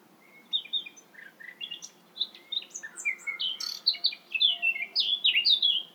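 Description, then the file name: Eurasian blackcap song opening with soft twitters, then building into loud, clear, fluty whistled notes mixed with quick warbling phrases. "Sylvia atricapilla"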